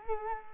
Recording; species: mosquito wingbeat signal from an infrared sensor; Culex quinquefasciatus